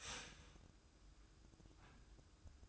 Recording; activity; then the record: daily activity, microphone in the room; start toaster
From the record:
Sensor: 2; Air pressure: 1007.0 hPa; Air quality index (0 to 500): 46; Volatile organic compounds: 1 ppm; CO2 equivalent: 558 ppm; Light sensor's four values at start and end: 7/17/7/7 and 7/17/7/7